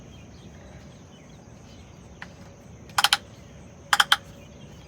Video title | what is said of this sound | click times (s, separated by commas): Early morning pre-trip | You heard that click whistle, let you know it's good. | 3.0 s, 3.9 s